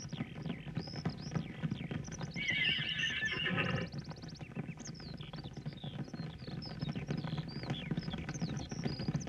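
A horse lets out one loud, shrill whinny over a steady bed of shuffling hoofbeats and low rumbling as a Kabardian horse is led at a walk with other horses, with faint chirps scattered in the high end throughout.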